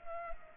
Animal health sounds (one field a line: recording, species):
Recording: mosquito wingbeat signal from an infrared sensor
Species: Culex pipiens